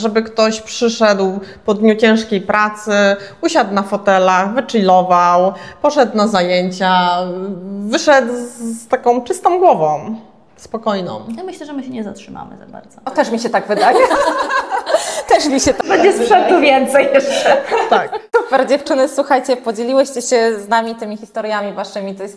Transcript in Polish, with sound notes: Żeby ktoś przyszedł po dniu ciężkiej pracy usiadł na fotelach, wychillował, poszedł na zajęcia, wyszedł z taką czystą głową, spokojną.
Ja myślę, że my się nie zatrzymamy za bardzo.
Też mi się tak wydaje. [śmiech] Też mi się tak wydaje!
Bedzie sprzętu więcej jeszcze!
Tak.
Super! Dziewczyny, słuchajcie podzieliłyście się z nami tymi historiami Waszymi.